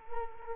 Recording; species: mosquito wingbeat signal from an infrared sensor; Culex quinquefasciatus